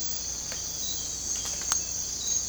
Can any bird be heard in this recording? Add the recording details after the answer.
no. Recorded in dense forest near Puerto Asís, Putumayo, Colombia, on 18 December 2024 at 04:30. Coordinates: 0.466, -76.327. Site G075